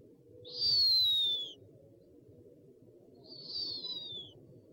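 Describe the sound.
Owl calls: two high, thin whistles falling slightly in pitch, the first louder than the second.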